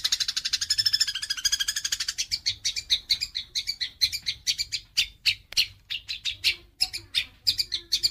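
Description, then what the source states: Eurasian tree sparrow opening with a rapid, dense chatter that breaks into loose, irregular sharp chirps for the rest. Lively sparrow giving dense rapid chattering (nyecret rapat); masteran recording used as a model to train songbirds.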